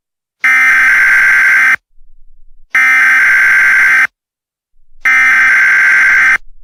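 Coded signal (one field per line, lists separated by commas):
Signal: Emergency Alert System (SAME) tones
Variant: header bursts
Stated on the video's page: Fictional EAS scenario.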